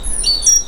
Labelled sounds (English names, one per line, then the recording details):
Stitchbird song
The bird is a male
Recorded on Tiritiri Matangi Island, New Zealand, in 2005
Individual 1, of nest box 1